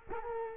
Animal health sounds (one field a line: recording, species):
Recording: mosquito wingbeat signal from an infrared sensor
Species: Culex quinquefasciatus